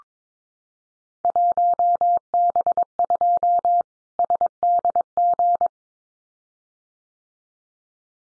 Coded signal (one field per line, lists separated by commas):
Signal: Morse code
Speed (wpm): 22 wpm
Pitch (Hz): 700 Hz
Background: none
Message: 1B2 SDG